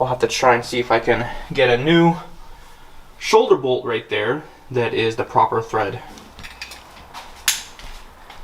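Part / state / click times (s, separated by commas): seatbelt tongue into seatbelt buckle / seated / 7.5 s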